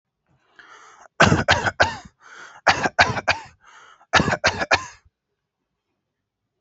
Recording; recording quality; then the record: shallow voluntary cough; excellent, no background noise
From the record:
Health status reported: healthy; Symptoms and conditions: none ticked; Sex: male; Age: 31 years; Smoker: not ticked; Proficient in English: yes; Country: India